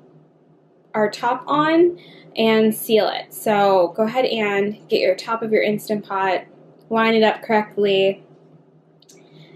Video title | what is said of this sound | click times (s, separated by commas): Easy Plant Based Chili + Chili Cheese Sauce Recipe! | you should hear it click and you want to go from venting to sealed so | 9.0 s